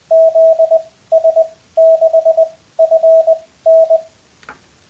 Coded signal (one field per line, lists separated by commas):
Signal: Morse code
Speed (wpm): 20 wpm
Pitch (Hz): 660 Hz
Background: radio noise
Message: ZS6FN